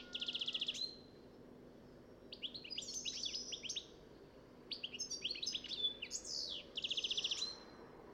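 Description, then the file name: European goldfinch song, a buzzy rattle opening, then quick high twittering phrases with short trills, fairly quiet against a low hum. "Carduelis carduelis"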